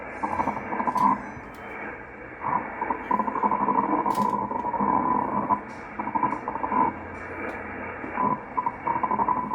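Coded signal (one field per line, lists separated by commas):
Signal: numbers station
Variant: F06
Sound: harsh warbling digital burbling with a tone near 1 kHz, in stuttering bursts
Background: radio static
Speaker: I go in am mode actually sounds like that in am this is such a weird transmission some kind of weird digital transmission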